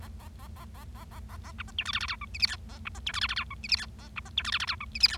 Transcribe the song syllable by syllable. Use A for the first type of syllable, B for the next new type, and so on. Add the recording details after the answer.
A A A A A A A A A B C D E F F G H I J K A B C D E F F G H I J K A B C D E F F G H I J K. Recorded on 25 March 2012 at 13:31. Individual gy6or6